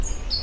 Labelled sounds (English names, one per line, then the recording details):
Stitchbird song
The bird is a male
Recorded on Tiritiri Matangi Island, New Zealand, in 2005
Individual 20, of nest box 28